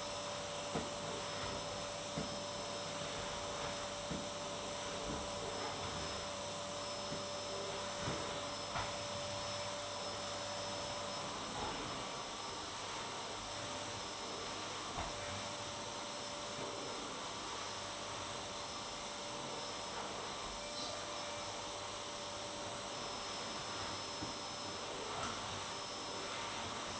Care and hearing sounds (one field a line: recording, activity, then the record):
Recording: daily activity, microphone in the room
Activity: vacuum cleaning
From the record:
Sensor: 3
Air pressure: 1007.7 hPa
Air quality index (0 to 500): 49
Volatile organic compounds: 1 ppm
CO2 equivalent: 576 ppm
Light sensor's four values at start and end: 9/20/8/8 and 9/20/8/8